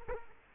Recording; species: mosquito wingbeat signal from an infrared sensor; Culex quinquefasciatus